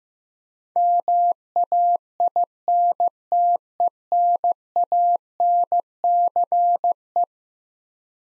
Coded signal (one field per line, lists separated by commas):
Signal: Morse code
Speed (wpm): 15 wpm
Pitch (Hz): 700 Hz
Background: none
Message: MAINTENANCE